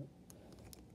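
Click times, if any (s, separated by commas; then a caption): 0.3 s, 0.7 s. An oversized plastic fist accessory is pushed onto an action figure's arm; it has to be worked in a certain way, otherwise it slips off. Two sharp, fast-decaying clicks are heard at 0.3 s and 0.73 s. The fist is seated and stays on.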